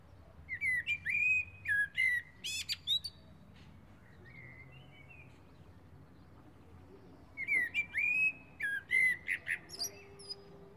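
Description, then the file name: Common blackbird song given in two phrases separated by a pause, each with mellow fluted whistles followed by high squeaky flourishes. "Turdus merula"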